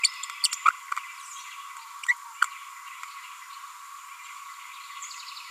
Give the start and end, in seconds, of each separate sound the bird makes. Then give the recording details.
0.03-0.07, 0.44-0.47, 0.65-0.68, 2.41-2.44. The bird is a female. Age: 30 days. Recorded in a nest box in Venezuela. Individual 17B42A4